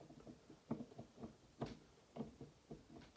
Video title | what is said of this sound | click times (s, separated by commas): Midwest Industries Combat T Series 14 inch free float handguard installation | you hear the click all right you'll need it here to click | 0.7 s